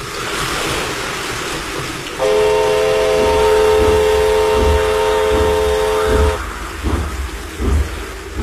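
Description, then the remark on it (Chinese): A train rumbles slowly through steady, hissing heavy rain during a trial run, approaching onto a water-flooded track bed. Its horn blows one sustained, chord-like blast for about four seconds before the low rolling rumble and rain carry on. “火车慢慢地驶了过来，驶进了漫着水的路基。”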